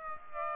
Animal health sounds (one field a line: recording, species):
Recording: mosquito wingbeat signal from an infrared sensor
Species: Aedes aegypti